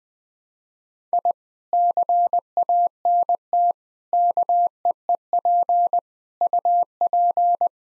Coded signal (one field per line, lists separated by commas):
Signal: Morse code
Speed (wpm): 19 wpm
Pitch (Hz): 700 Hz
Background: none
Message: I CANT KEEP UP